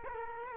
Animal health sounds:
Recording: mosquito wingbeat signal from an infrared sensor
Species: Culex quinquefasciatus

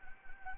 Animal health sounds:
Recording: mosquito wingbeat signal from an infrared sensor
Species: Anopheles gambiae

